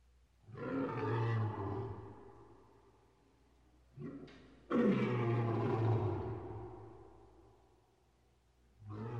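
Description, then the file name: Lion roaring, a long deep drawn-out roar, then a brief grunt and a second powerful roar that fades slowly, another beginning at the end. "lev dolgo richit"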